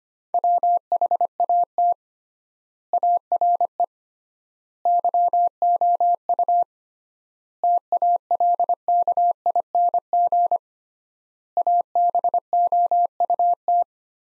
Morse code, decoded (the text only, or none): WHAT ARE YOU TALKING ABOUT